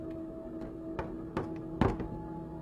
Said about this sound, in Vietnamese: Được một hồi thì nó gõ cửa.